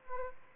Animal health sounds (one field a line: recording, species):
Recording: mosquito wingbeat signal from an infrared sensor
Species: Aedes albopictus